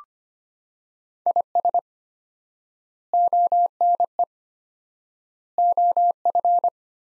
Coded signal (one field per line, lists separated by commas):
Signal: Morse code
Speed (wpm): 25 wpm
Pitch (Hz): 700 Hz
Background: none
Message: IS ONE OF